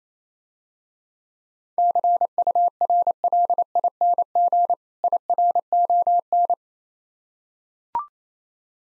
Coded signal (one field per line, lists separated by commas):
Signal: Morse code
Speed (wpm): 28 wpm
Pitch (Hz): 700 Hz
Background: none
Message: CURLING IRON